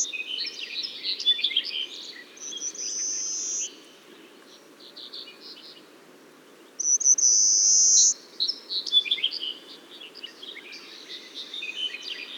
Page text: Fernand DEROUSSEN - Короткопалый воробей (Carpospiza brachydactyla)